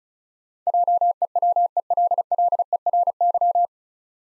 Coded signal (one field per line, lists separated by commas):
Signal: Morse code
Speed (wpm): 36 wpm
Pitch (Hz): 700 Hz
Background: none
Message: JEWELLERY